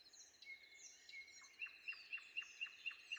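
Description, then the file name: Common nightingale song: two drawn-out whistles, then a steady run of loud, evenly spaced repeated notes, about four per second. Recorded before dawn. "predawn nightingale"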